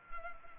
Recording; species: mosquito wingbeat signal from an infrared sensor; Culex pipiens